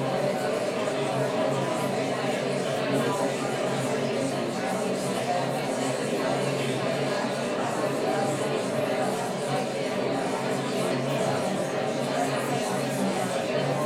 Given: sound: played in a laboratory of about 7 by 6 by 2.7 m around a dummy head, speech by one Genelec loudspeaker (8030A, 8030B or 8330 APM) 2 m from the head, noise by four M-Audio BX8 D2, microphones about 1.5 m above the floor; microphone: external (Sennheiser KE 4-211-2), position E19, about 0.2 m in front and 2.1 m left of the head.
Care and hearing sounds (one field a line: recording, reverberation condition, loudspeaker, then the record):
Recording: babble noise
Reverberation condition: medium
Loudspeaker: four, about 170 cm from the corners of the room and facing them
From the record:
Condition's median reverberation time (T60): about 510 ms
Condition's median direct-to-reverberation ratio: about -0.5 dB